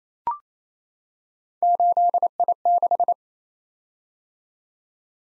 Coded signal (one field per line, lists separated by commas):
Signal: Morse code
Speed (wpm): 27 wpm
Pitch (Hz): 700 Hz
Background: none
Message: 8I6